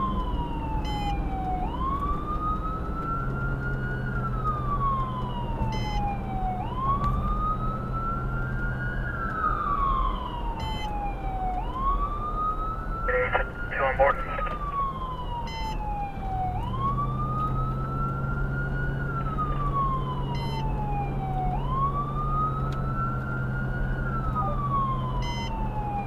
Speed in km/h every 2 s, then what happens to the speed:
76, 82, 84, 87, 87, 87, 82, 76, 72, 81, 84, 87, 89.
0-5 speeds up to 87. 5-10 steady at about 87. 10-15 slows to 72. 15-22 speeds up to 87.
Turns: none.